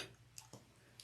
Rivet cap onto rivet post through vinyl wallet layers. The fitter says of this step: and hear that snap and we're going to set it okay